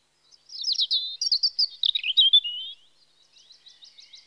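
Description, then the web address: European robin song: a liquid warbled phrase of sliding notes dropping in pitch, followed by faint rapid high ticks. Spring. "BBC Sound Effects Library (Birds) Robin (Erithacus Rubecula) Spring"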